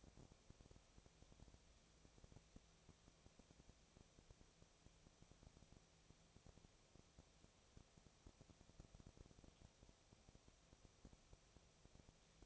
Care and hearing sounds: daily activity, microphone in the room; no activity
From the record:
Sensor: 1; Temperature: 19.8 degrees Celsius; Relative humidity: 37.9%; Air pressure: 998.8 hPa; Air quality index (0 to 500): 233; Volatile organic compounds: 134 ppm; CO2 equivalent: 3946 ppm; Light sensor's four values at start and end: 1/2/1/1 and 1/2/1/1

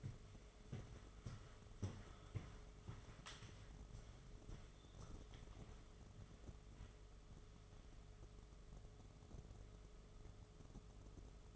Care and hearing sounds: daily activity, microphone in the room; walk to room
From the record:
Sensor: 4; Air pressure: 1011.2 hPa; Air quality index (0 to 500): 136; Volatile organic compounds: 3 ppm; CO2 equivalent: 1388 ppm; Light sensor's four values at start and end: 165/428/183/188 and 192/499/213/220

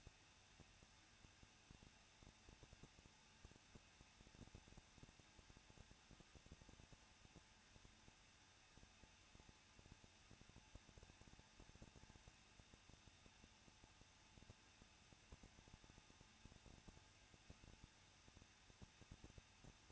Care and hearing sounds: daily activity, microphone in the room; no activity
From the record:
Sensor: 2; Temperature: 21.0 degrees Celsius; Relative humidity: 37.6%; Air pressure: 1006.2 hPa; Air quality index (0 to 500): 224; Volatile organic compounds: 25 ppm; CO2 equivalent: 2843 ppm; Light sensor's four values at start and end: 2/3/2/2 and 2/3/2/2

